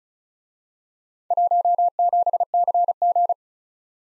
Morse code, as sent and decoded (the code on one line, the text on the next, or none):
.---- --... -.-. --.
17CG